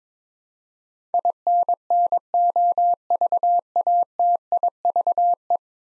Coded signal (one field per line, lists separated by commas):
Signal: Morse code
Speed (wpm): 22 wpm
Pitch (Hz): 700 Hz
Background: none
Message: INNOVATIVE